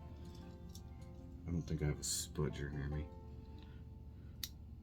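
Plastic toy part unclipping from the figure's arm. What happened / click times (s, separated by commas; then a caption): A plastic part snaps free of its clip / 4.4 s. A plastic toy part is pried by hand, without a spudger, to unclip it from a figure's arm while someone talks. A sharp, loud snap at 4.4 s marks the part popping free and released from the arm.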